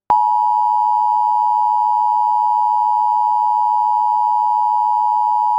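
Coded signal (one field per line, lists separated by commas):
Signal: Emergency Alert System (SAME) tones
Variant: 853 and 960 Hz attention tone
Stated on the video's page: Real severe weather SAME alert for the Tampa Bay area, as aired on a TV station.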